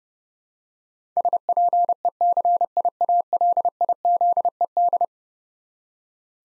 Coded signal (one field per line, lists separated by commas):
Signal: Morse code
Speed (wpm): 30 wpm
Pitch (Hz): 700 Hz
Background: none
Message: SPECIALIZED